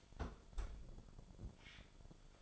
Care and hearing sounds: daily activity, microphone in the room; close fridge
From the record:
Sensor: 5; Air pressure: 1007.9 hPa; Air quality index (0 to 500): 91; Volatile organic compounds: 1 ppm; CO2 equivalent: 715 ppm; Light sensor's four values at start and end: 40/91/38/39 and 39/89/37/38

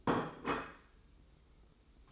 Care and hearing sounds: daily activity, microphone in the room; place plate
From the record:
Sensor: 1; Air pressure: 990.8 hPa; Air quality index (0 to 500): 133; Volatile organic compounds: 436 ppm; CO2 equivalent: 4728 ppm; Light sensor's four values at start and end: 24/57/24/26 and 24/57/24/26

